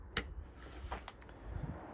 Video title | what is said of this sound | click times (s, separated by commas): How to Remove a PCV Valve on a Peugeot 208 (Step-by-Step Guide) | And push this on there. and listen for an audible click. | 0.2 s